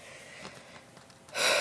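After quiet breathing, one abrupt, sharp gasp-like intake of air, typical of a hiccup, from an adult whose hiccups are keeping them awake.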